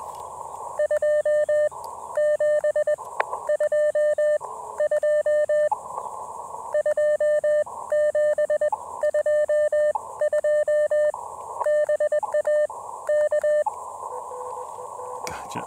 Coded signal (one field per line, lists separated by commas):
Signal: Morse code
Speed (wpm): 21 wpm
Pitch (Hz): 600 Hz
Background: none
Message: 2722 2722 BA K